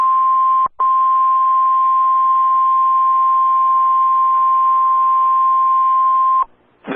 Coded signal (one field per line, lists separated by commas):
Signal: Emergency Alert System (SAME) tones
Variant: 1050 Hz attention tone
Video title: Severe Thunderstorm Warning EAS#666 WXK85 Norman,OK